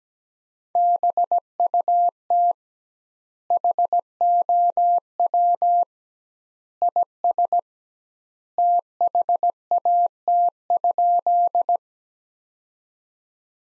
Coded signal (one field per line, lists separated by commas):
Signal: Morse code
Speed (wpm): 17 wpm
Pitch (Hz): 700 Hz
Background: none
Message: BUT HOW IS THAT?